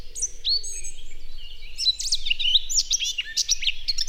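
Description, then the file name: Eurasian blackcap song: a continuous, hurried warble of scratchy chatter and high whistled notes throughout. "Sylvia atricapilla"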